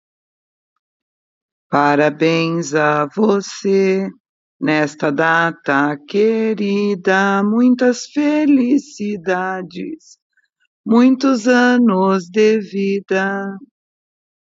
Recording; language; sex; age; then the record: short text; Brazilian Portuguese; female; 60 to 69 years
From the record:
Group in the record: control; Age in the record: 65 years